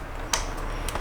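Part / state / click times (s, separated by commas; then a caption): wiring plug into door panel component / not seated / none. A wiring plug, the second connector lower on a BMW E46 door panel, is handled during a window regulator repair. Brief sharp ticks occur at 0.3, 0.9 and 1.0 s over a steady low background. The connector has not snapped in or seated yet.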